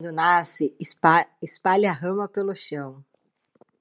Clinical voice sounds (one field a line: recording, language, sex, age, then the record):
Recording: short text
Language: Brazilian Portuguese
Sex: female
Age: 30 to 39 years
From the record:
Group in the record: control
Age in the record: 30 years